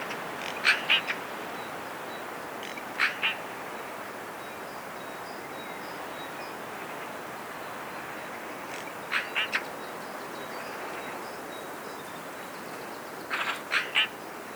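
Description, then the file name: Eurasian magpie giving short harsh chattering bursts of a few notes, heard four times over a steady background hiss. "Pica pica"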